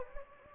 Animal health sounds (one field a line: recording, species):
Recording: mosquito wingbeat signal from an infrared sensor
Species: Anopheles gambiae